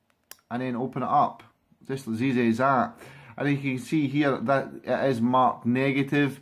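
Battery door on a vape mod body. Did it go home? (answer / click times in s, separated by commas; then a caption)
released / 0.3 s. The battery door on a JOMO Tech Lite 65 PRO vape mod body is pushed down and pops open with a sharp click at 0.3 s, so the battery can go in. Someone then talks for the rest of the clip.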